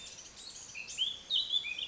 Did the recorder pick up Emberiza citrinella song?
no